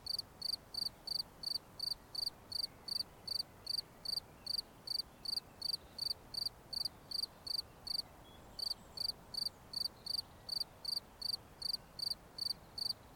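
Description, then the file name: Cricket chirps, high and pulsed, repeating rapidly and steadily with one brief pause midway; quiet hiss in the background. "Grillons"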